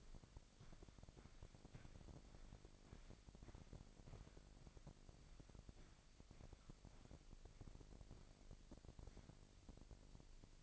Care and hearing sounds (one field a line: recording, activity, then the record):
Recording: daily activity, microphone in the room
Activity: walk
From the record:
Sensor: 5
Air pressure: 1001.7 hPa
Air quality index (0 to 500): 183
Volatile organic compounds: 12 ppm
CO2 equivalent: 2358 ppm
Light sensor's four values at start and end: 32/105/40/42 and 32/105/40/42